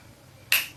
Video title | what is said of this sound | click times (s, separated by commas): CARA PEMBUATAN KABEL STRAIGHT DAN UJI COBA LAN TESTER | sampai bunyi klik, sama yang ujungnya juga kita masukin, | 0.5 s